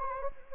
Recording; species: mosquito wingbeat signal from an infrared sensor; Anopheles gambiae